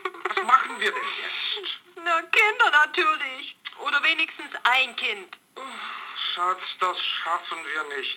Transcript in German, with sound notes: Was machen wir denn jetzt?
Na, Kinder natürlich! Oder wenigstens ein Kind!
(seufzt reumütig) Schatz, das schaffen wir nicht!